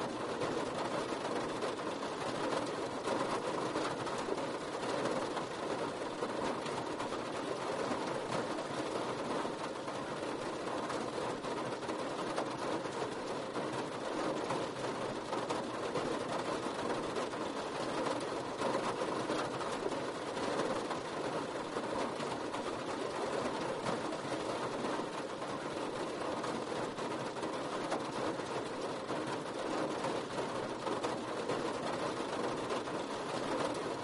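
Steady rain falls in a dense, unbroken hiss that holds the same level for the whole stretch. A soft, continuous rumble sits underneath, with no sharp claps or distinct drops standing out, just an even wash of rainfall.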